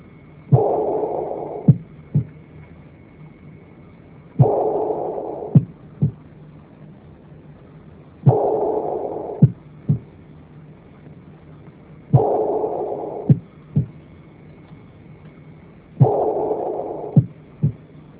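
Adult heart heard by stethoscope: abnormal heart sounds with extra sounds and a murmur.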